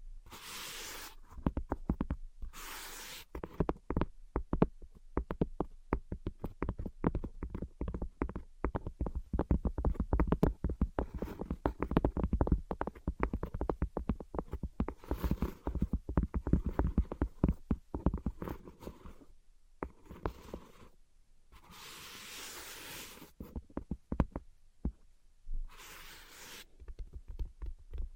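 Invisible tapping and scratching fills the recording: dense, irregular clicks and taps come in quick bursts, thickest from about three to nineteen seconds. Brief bright hissing swipes, like scratching strokes, appear near the start, around fifteen, twenty-two and twenty-six seconds, with quieter gaps between.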